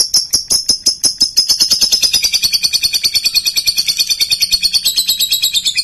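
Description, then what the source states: Lovebird in rapid, continuous chatter, many dense shrill chirps running as an unbroken rattling stream. Call style named konslet.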